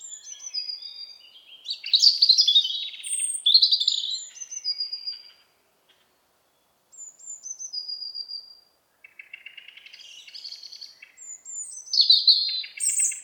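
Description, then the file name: European robin song in several separated phrases: piercing thin whistles, rapid warbles and tinkling trills, with a silent gap of up to about one and a half seconds between bursts. "Erithacus rubecula"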